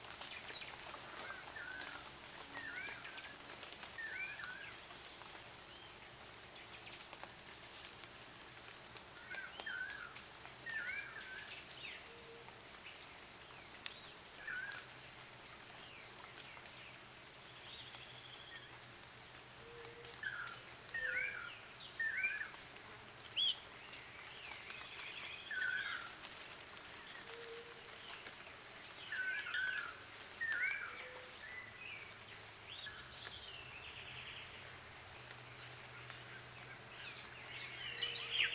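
A forest after rain, with a soft steady hiss and scattered drips across the whole stretch. Birds chirp in short bright bursts, more often from about twenty seconds on, over a faint low hum.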